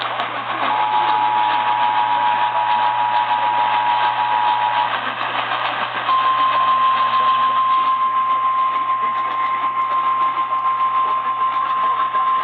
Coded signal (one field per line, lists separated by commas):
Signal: Emergency Alert System (SAME) tones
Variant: 853 and 960 Hz attention tone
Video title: Shmovin' Storms | EAS #98-114 (3/24-25/2023)